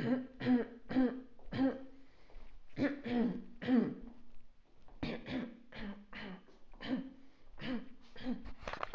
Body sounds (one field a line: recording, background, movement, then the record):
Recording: throat clearing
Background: quiet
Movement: walking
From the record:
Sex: female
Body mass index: 21.8 kg/m2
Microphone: on the chest, facing outward